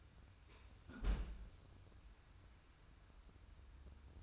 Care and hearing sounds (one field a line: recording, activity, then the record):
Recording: daily activity, microphone in the room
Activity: close fridge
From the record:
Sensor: 2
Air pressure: 994.3 hPa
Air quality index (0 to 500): 212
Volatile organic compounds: 1000 ppm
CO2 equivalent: 7034 ppm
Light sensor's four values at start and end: 134/320/136/141 and 125/297/126/129